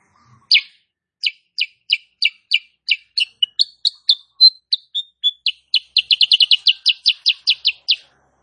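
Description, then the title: Sooty-headed bulbul singing a steady series of sharp, high chirps that quickens into a tight burst, then settles back into evenly spaced notes. Female bird, caged; recording used as a master song for training cage birds; singing described as gacor, nembak rapat. "Masteran Kutilang Sutra. Kutilang SUTRA BETINA GACOR nembak RAPAT"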